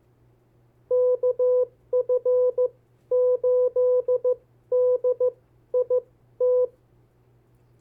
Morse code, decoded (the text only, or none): KF8DIT